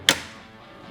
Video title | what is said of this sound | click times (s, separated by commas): How to replace the Waste toner bottle on your Xerox machine: Xerox® C315 Color Multifunction Printer | back up until it clicks once you do that you're good to go ahead | 0.1 s